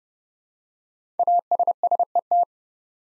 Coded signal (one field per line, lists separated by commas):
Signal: Morse code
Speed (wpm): 30 wpm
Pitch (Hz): 700 Hz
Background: none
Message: ASSET